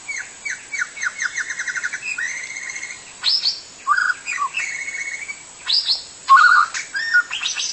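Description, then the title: White-rumped shama song: a quick run of repeated short notes, then rich varied whistles and harsh chatters in loud bursts. Wild forest bird; song described as kicau. "Kicau burung murai batu hutan"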